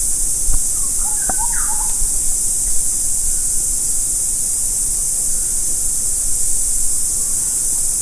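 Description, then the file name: Bird giving a quick burst of short, sliding chirps near the start, then quiet apart from a constant high hiss and a few faint knocks. "SABIOD 50 bird 2015"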